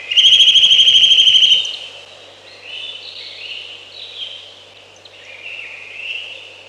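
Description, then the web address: Eurasian nuthatch opening with a loud, rapid rattle-like trill of high whistled notes for about a second and a half, then quieter warbling continues. "Ptaki Kowalik"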